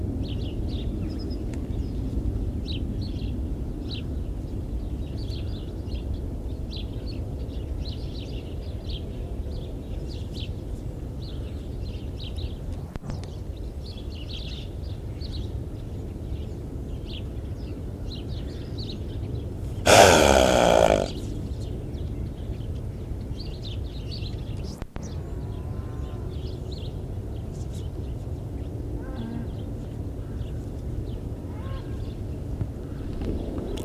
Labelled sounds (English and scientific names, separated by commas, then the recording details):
Black Wildebeest (Connochaetes gnou) call
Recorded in captivity
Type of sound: call
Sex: male
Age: adult
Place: Tierpark Berlin, Berlin, DE
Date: 1973-11-03 10:00
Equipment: Uher 4200 Report Monitor, Verst., Sennheiser MD 421
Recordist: Tembrock, Günter
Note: Alter Bulle: Langlaute, dabei vorne am Zaun auf Beobachter bezogen, durch Imitation aktiviert. Abstand: ca. 5 m. Aufnahmezeit: 10.00-12.30 Uhr